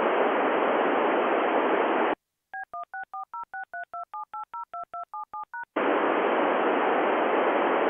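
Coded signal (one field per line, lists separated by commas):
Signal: DTMF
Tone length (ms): 130 ms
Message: B16406327802277#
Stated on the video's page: DTMF APRStt and packet downlink from the NO-104 (PSAT-2) satellite, with its digitalker.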